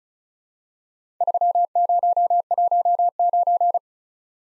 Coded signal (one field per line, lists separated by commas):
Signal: Morse code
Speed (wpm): 36 wpm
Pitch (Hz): 700 Hz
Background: none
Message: 3019